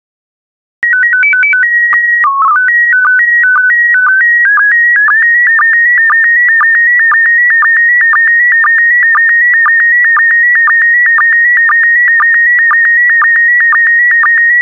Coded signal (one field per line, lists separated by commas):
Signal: SSTV (slow-scan television)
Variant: PD 120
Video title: 224033 Portrait of Italy SSTV PD120